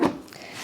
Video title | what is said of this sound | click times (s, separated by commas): Comparing Chamber vs Edge Vacuum Sealers | close until it clicks, | 0.3 s